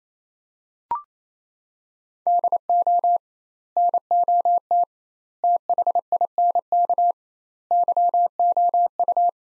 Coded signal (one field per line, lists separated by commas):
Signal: Morse code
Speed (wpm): 28 wpm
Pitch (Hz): 700 Hz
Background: none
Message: DO NOT THINK YOU